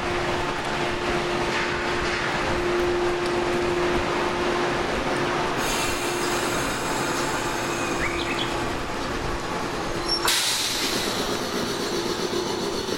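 Running sound of a 415 series electric train on a local service, a steady dense rumble and rattle of wheels on track throughout. A sustained mid tone hums through the first ten seconds, and bright hissing high layers join around six and ten seconds.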